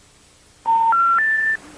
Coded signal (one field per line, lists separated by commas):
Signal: telephone call progress tone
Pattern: special information tone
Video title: [EAS] WZYX [Preview]